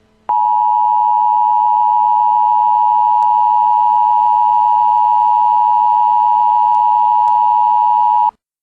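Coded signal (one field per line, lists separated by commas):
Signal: Emergency Alert System (SAME) tones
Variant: 853 and 960 Hz attention tone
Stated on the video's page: Prank EAS alert, not a real broadcast.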